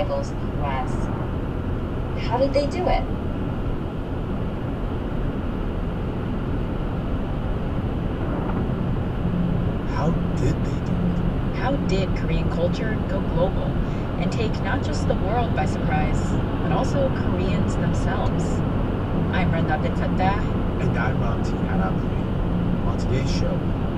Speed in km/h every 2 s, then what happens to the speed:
109, 113, 114, 116, 118, 118, 118, 121, 122, 124, 124, 121.
0-18 speeds up to 124. 18-24 steady at about 124.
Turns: none.